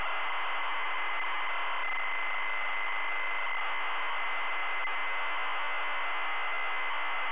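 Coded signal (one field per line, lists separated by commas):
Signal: ZX Spectrum tape loading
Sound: continuous harsh buzzing screech of data loading, no pauses or lead tone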